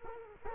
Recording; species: mosquito wingbeat signal from an infrared sensor; Culex quinquefasciatus